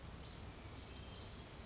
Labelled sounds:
Western Flycatcher (Empidonax difficilis)
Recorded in Sonoma County, California

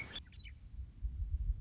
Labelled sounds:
Western Meadowlark (Sturnella neglecta)
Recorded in Sonoma County, California

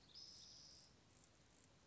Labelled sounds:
Spotted Towhee (Pipilo maculatus)
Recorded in Sonoma County, California

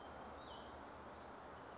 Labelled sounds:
Cassin's Vireo (Vireo cassinii)
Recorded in Sonoma County, California

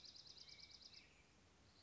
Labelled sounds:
Dark-eyed Junco (Junco hyemalis)
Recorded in Sonoma County, California

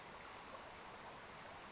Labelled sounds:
Western Flycatcher (Empidonax difficilis)
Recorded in Sonoma County, California

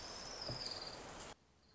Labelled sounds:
Orange-crowned Warbler (Leiothlypis celata)
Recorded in Sonoma County, California

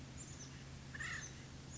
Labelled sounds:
Acorn Woodpecker (Melanerpes formicivorus)
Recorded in Sonoma County, California

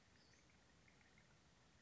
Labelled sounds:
Western Flycatcher (Empidonax difficilis)
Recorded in Sonoma County, California

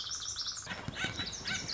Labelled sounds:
Lazuli Bunting (Passerina amoena)
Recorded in Sonoma County, California

